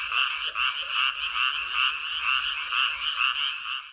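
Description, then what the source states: Frogs croaking in chorus, short rasping notes pulsing rapidly. Recorded on 13 May 2022.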